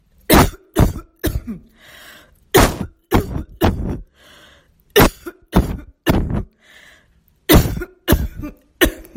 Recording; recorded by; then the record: voluntary cough; messaging app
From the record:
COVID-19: negative